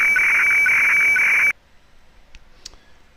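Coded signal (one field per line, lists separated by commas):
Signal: weather fax (radiofax)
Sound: steady high warbling tone with a short lower blip twice a second, then quiet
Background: radio static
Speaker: so what it's doing is it's taking this signal running it through the decoding process and then it's taking the decoded information and transferring it to an image up here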